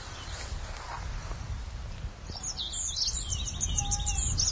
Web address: tree pipit bird call